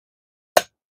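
A round speaker fitting is pressed into a deliberately undersized hole in the face panel of a speaker box base, made slightly small for a very tight fit so it goes in only once. After silence, a single sharp, loud broadband snap sounds at 0.6 s and decays within about a tenth of a second. The fitting is seated in the face of the base.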